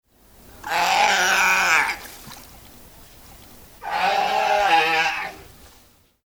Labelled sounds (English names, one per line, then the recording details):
Brown Fur Seal
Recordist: Tembrock, Günter
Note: Langlaute eines Weibchens